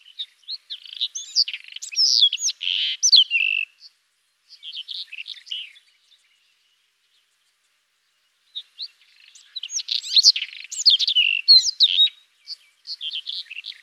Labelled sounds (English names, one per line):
White-throated Robin song